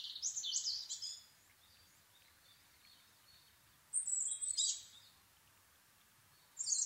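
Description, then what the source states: Asian brown flycatcher singing three high, rapid, chattering phrases with long quiet gaps between them over a faint background hiss. Nikko, Japan, 26 April 2011 at 4:39, 730 m altitude; recorded on a Sony PCM-D50 with Panasonic WM-61A microphone.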